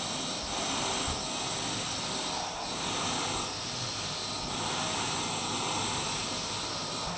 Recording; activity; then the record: daily activity, microphone in the room; vacuum cleaning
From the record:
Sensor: 1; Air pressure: 991.0 hPa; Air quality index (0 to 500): 118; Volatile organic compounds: 173 ppm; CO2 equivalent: 4118 ppm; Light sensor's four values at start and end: 19/45/19/20 and 19/44/18/20